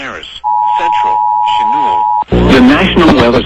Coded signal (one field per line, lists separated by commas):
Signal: Emergency Alert System (SAME) tones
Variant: 853 and 960 Hz attention tone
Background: speech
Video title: EARLY-DECEMBER DESTRUCTION | EAS Alerts from 12/10/2021 (EAS #857-874)